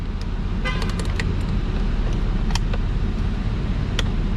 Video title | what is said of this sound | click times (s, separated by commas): Ignition Key is stuck - Remove Dash | two audible clicks that's how you know it's good | 2.5 s, 4.0 s